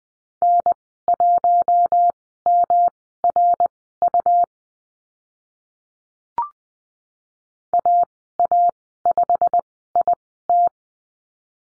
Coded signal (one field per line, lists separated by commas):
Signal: Morse code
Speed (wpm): 20 wpm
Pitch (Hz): 700 Hz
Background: none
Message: N1MRU AA5IT